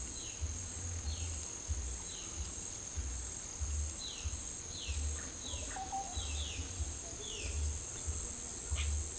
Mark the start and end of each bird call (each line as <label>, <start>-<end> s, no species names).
bird call, 0.00-2.65 s
bird call, 4.20-7.71 s